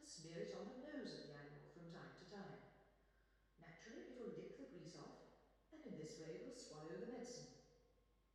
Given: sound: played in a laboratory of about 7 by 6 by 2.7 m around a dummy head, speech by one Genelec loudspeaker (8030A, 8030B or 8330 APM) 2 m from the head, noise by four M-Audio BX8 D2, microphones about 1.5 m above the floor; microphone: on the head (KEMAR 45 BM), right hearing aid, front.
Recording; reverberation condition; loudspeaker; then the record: female speech in English; high; 60 degrees to the left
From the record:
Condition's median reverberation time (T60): about 1300 ms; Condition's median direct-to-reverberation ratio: about -4.0 dB